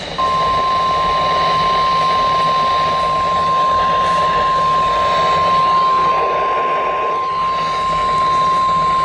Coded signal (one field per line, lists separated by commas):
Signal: Emergency Alert System (SAME) tones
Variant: 1050 Hz attention tone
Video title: MARGINALLY TORNADIC.... | EAS Alerts from 6/5/24 | EAS#669-689